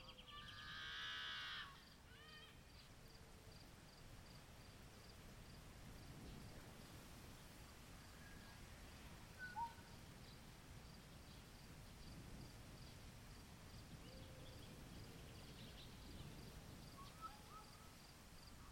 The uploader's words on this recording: Yellow-Headed Blackbirds at Morning At Columbia National Wildlife Refuge. Near the main entrance I found a marsh that is popular with Yellow-Headed Blackbirds. The females stay out-of-sight in the reeds with the young, but they create such a loud chatter.